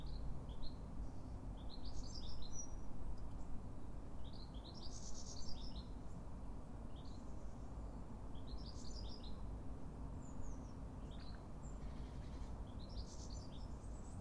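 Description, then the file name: European goldfinch calls: short bursts of high, tinkling twitters coming every few seconds, set over a steady low rumble of background noise. "Carduelis carduelis"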